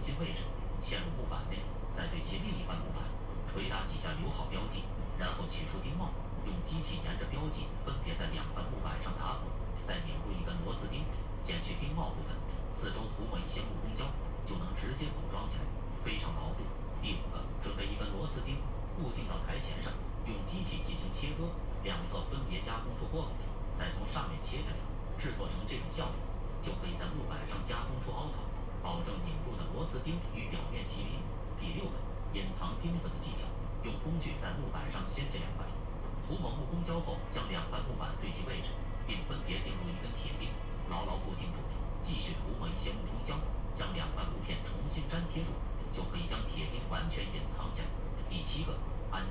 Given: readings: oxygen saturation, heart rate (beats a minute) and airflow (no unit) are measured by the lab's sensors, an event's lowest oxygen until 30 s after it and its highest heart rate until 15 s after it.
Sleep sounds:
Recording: a person awake in a sleep study, by a smartphone at the bedside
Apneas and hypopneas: none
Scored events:
0.00-49.30 s: awake
From the record:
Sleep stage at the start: awake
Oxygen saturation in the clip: 92 to 93%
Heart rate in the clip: 63 to 68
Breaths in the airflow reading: 15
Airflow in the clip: -5.6 to 4.9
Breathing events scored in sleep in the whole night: 476 in 9.7 hours asleep

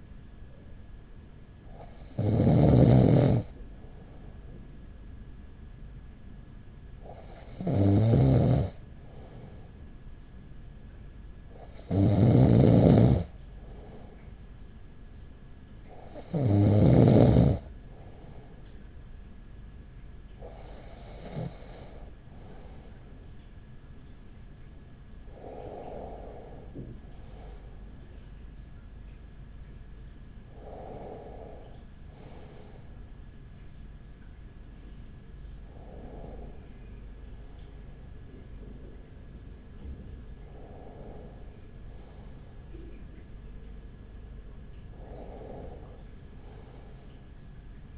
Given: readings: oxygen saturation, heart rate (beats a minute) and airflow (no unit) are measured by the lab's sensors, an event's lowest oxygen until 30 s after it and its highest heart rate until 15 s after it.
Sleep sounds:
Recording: breathing in sleep by a smartphone at the bedside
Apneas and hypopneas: none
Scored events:
28.00-47.98 s: new sleep stage, N1 (lightest sleep)
From the record:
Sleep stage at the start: N2 (light sleep)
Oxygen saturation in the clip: 95 to 96%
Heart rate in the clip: 41 to 46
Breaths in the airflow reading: 10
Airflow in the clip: -5.6 to 6.0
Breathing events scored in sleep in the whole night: 207 in 7.6 hours asleep

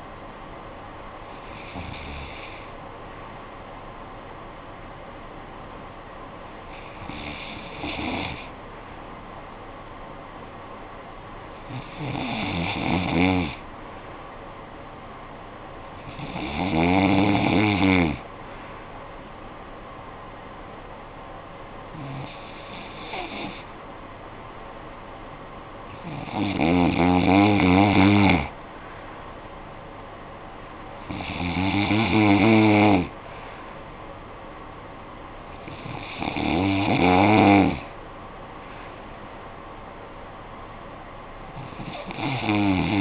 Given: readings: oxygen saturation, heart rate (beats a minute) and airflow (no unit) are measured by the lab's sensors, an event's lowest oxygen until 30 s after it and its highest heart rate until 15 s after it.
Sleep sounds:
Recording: breathing in sleep by a voice recorder at the bedside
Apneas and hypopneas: 1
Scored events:
4.00-23.50 s: hypopnea (REM, oxygen 96% highest, then 92% lowest, heart rate 57 at the start, 65 highest)
From the record:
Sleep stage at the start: REM sleep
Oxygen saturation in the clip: 92 to 96%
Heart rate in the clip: 55 to 65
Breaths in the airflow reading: 8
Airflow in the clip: -9.9 to 7.5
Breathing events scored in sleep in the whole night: 445 in 7.6 hours asleep

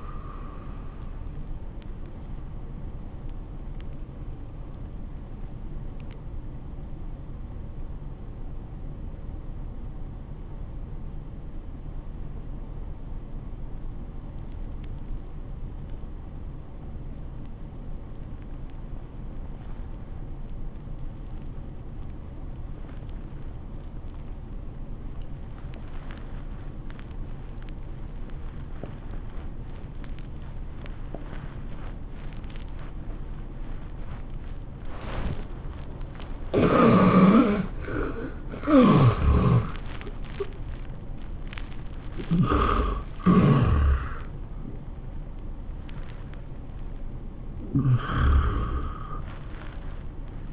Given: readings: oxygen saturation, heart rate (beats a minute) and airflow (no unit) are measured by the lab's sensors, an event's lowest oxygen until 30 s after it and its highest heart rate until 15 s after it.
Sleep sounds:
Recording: breathing in sleep by a smartphone at the bedside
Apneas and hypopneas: 1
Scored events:
6.00-35.70 s: obstructive apnea (N1, oxygen 93% highest, then 73% lowest, heart rate 75 at the start, 101 highest)
9.00-39.00 s: new sleep stage, N2 (light sleep)
39.00-50.53 s: new sleep stage, N1 (lightest sleep)
From the record:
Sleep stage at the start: N1 (lightest sleep)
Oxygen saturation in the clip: 72 to 93%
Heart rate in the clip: 73 to 103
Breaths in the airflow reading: 4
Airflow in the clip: -18.1 to 11.4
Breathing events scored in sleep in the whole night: 403 in 5.5 hours asleep

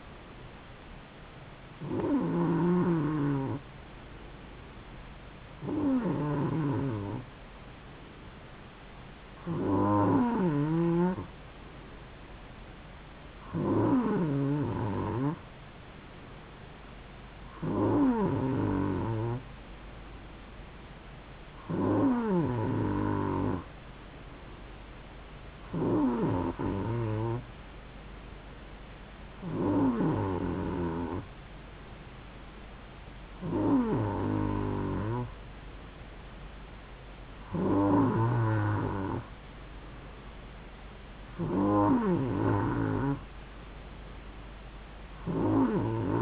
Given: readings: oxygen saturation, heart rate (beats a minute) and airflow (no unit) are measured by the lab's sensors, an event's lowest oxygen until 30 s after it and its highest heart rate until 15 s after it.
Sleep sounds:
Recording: breathing in sleep by a voice recorder at the bedside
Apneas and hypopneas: none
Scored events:
2.00-32.00 s: new sleep stage, N3 (deep sleep)
32.00-46.22 s: new sleep stage, N2 (light sleep)
From the record:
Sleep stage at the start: N2 (light sleep)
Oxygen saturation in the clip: 92 to 93%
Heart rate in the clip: 66 to 71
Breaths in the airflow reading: 11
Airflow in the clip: -3.0 to 2.5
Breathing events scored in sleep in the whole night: 270 in 6.1 hours asleep

